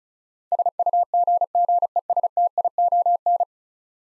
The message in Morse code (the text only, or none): SUGGESTION